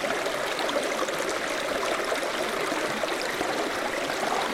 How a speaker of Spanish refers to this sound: Al poco tiempo, tras explorar la costa, encontramos la desembocadura de un riachuelo.